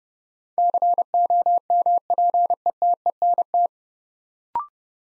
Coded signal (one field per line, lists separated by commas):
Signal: Morse code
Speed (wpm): 30 wpm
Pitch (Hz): 700 Hz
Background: none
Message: COMPETENT